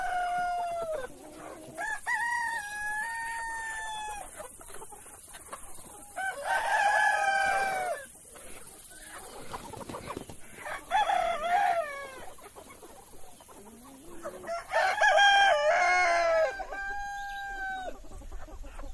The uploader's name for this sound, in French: A la ferme avec ses animaux